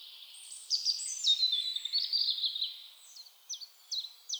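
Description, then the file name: European robin song with a rich, rippling high warble lasting two seconds, followed by a few separate thin, hooked notes in slow succession. "Erithacus rubecula"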